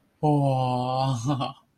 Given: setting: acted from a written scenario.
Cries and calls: vocal sound without words; awe

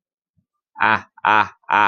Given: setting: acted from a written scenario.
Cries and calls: vocal sound without words; triumph

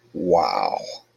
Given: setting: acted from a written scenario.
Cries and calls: vocal sound without words; awe

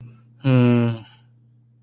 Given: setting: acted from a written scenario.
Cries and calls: vocal sound without words; sympathy

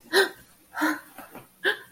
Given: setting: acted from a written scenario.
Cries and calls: vocal sound without words; distress

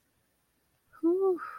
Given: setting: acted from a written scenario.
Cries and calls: vocal sound without words; ecstasy

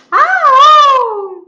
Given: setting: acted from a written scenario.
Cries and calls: vocal sound without words; positive surprise

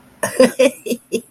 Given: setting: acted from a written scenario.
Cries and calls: vocal sound without words; amusement

